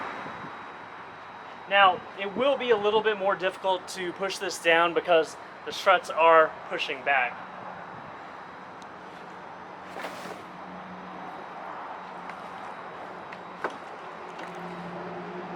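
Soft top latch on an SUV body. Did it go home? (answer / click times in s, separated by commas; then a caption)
no / none. A soft top latch on a 2021+ Bronco 4 Door body is being pushed down against 21 Offroad gas strut assist, which pushes back and makes it harder to lower. Someone talks for several seconds over low vehicle-like background noise, followed by faint handling sounds and two short knocks near 13.3 and 13.6 seconds. Nothing has seated or clicked yet.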